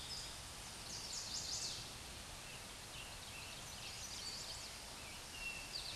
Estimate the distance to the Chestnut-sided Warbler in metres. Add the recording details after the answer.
about 35 m. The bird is about 5 m above the microphone. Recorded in a Pennsylvania forest on 16 May 2024 at 06:25. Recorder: AudioMoth, point MSD-2142. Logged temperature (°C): 16.7 °C. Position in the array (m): 11 m, 15 m